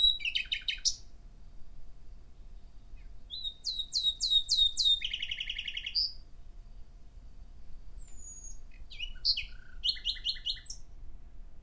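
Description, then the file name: Common nightingale singing varied phrases of rapid repeated chopped notes, fast trills and a clear whistle, broken by silences, over a low background rumble. "Nachtigall"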